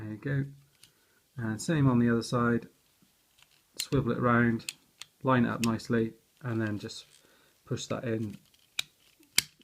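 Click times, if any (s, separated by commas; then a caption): 8.8 s, 9.4 s. Someone talks while a swivelled plastic part of a transforming action figure, the TFCC Subscription Maximal Rampage, is lined up and pushed into its socket. Sharp clicks are heard at 8.8 s and 9.4 s as the part seats back in place.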